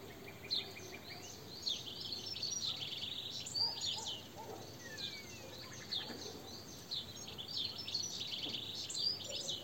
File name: Carduelis carduelis